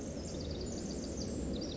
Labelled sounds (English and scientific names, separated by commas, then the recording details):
Pacific Wren (Troglodytes pacificus)
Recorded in Sonoma County, California